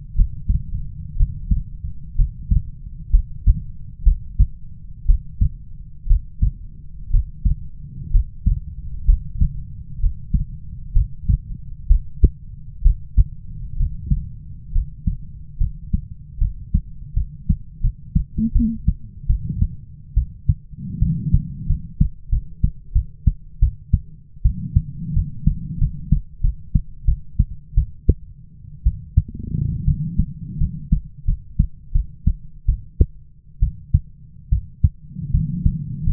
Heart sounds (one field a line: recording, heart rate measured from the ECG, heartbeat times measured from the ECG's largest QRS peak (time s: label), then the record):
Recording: heart sounds by stethoscope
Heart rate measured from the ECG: 72 bpm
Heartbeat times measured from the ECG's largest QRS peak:
0.15 s: heartbeat
1.16 s: heartbeat
2.16 s: heartbeat
3.11 s: heartbeat
4.03 s: heartbeat
5.06 s: heartbeat
6.07 s: heartbeat
7.10 s: heartbeat
8.11 s: heartbeat
9.05 s: heartbeat
10.00 s: heartbeat
10.93 s: heartbeat
11.87 s: heartbeat
12.82 s: heartbeat
13.77 s: heartbeat
14.72 s: heartbeat
15.58 s: heartbeat
16.38 s: heartbeat
17.14 s: heartbeat
17.81 s: heartbeat
18.53 s: heartbeat
19.27 s: heartbeat
20.14 s: heartbeat
20.99 s: heartbeat
21.67 s: heartbeat
22.30 s: heartbeat
22.93 s: heartbeat
23.60 s: heartbeat
24.43 s: heartbeat
25.14 s: heartbeat
25.79 s: heartbeat
26.41 s: heartbeat
27.05 s: heartbeat
27.75 s: heartbeat
28.84 s: heartbeat
29.85 s: heartbeat
30.58 s: heartbeat
31.25 s: heartbeat
31.92 s: heartbeat
32.66 s: heartbeat
33.60 s: heartbeat
34.50 s: heartbeat
35.31 s: heartbeat
36.04 s: heartbeat
From the record:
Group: healthy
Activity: Valsalva maneuver 0-12 s, rest 12-36 s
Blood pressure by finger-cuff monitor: 98/66 mmHg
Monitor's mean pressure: 77 mmHg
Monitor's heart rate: 72 bpm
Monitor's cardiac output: 6.5 L/min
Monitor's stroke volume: 81 mL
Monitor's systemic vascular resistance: 770 dyn s/cm5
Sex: female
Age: 22 years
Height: 157 cm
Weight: 47.6 kg